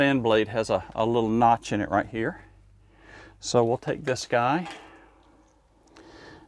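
Someone talks while picking up a plastic fan blade and positioning it before fitting it onto the notched motor shaft of a wall fan. After the talking, there are only faint handling sounds, including two brief soft ticks near 5.9 s and 6.0 s. Nothing has seated or clicked yet.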